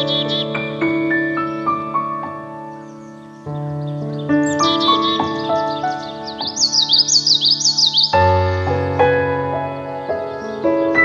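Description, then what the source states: Common yellowthroat: piano music plays throughout while a common yellowthroat breaks in with a run of quick, rolling repeated phrases near the middle. Song set to piano music.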